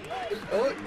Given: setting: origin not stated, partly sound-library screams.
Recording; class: one-second piece from a danger detection set; normal situation